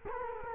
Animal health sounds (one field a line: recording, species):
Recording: mosquito wingbeat signal from an infrared sensor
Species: Culex quinquefasciatus